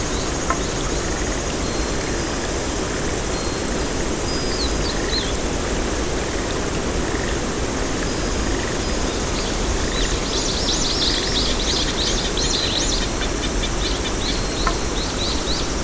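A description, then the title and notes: A Japanese garden outdoors: steady insect buzzing and crickets fill the air, with brief bird chirps and a trill of calls around ten seconds. JAPANESE GARDEN.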